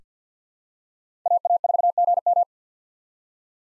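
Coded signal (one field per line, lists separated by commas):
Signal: Morse code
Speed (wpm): 48 wpm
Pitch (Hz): 700 Hz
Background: none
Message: AA4GM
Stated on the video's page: US 5-character call sign practice at 50 wpm with Farnsworth 6x character spacing for head-copy.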